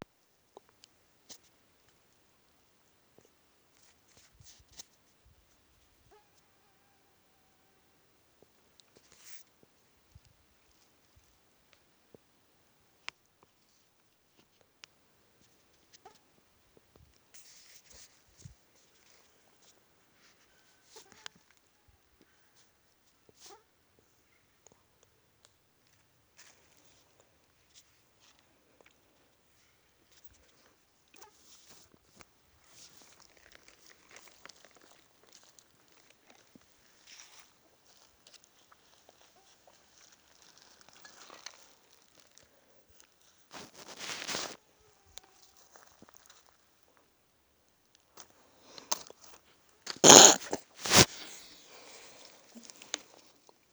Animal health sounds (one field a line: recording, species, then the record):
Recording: mosquito flight sound by mobile phone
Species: Aedes sierrensis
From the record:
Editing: field recording with all noises